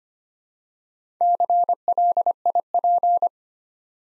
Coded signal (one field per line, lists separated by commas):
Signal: Morse code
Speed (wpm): 25 wpm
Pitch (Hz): 700 Hz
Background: none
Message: CLIP